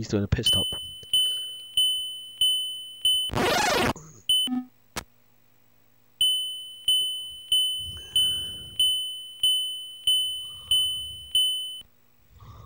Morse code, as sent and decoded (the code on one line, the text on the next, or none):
none